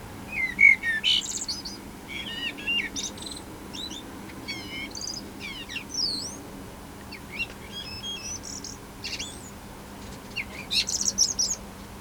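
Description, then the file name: Eurasian blackbird giving a scattered run of short, high, thin chirps and squeaky slurred notes, clustered near the start and again toward the end, over faint steady background hiss. "Turdus merula"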